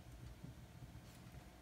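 A 9006 low-beam LED headlight bulb, an Auxbeam W Series CREE, is slid into the socket of a plastic headlight housing and twisted. Only a steady low rumble and broadband noise are heard, with no sharp hits. Nothing has seated or clicked yet.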